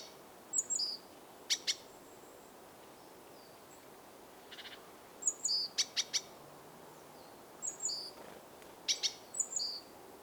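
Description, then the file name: Great tit calls: short high thin notes alongside clustered dry ticking bursts, repeated in groups several times throughout over a quiet background hiss. "Parus major"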